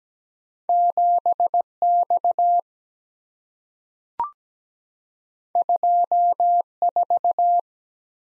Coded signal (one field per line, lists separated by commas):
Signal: Morse code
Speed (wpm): 17 wpm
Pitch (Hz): 700 Hz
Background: none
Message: 7X 24